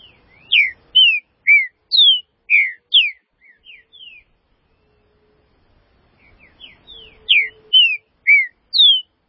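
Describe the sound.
Green-winged saltator song: clear, loud whistled notes, mostly falling, in a quick series, then fainter notes and a long silent pause, then the whistled series resumes.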